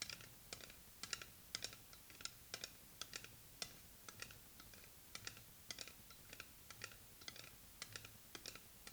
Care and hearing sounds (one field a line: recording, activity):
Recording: daily activity, guitar pickup as the sensor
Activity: fry